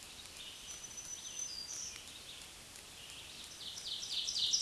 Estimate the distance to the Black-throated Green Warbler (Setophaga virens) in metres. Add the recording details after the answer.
about 40 m. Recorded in a Pennsylvania forest on 1 June 2023 at 05:43. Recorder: AudioMoth, point grid3_2_low. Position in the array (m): 140 m, 30 m